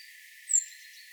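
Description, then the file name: Great tit call: one thin, high, slightly descending note lasting a fraction of a second, over a soft hiss. "Parus major"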